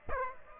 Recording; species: mosquito wingbeat signal from an infrared sensor; Aedes aegypti